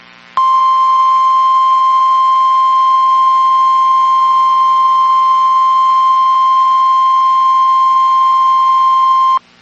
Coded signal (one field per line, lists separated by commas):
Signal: Emergency Alert System (SAME) tones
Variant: 1050 Hz attention tone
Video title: SECOND SEVERE WEATHER DFW... EAS Alerts From 4/27/26 (EAS#5,441 - 5,458)